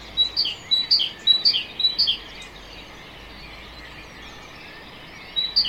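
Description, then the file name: Great tit singing one run of about five clear two-note units, followed by silence and the first notes of a new phrase. "Parus major"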